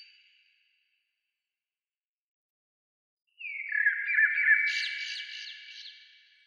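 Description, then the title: Bird song phrase of about three seconds with fast trills and bright high notes, following a long quiet pause, fading gently at its close. "Oiseaux"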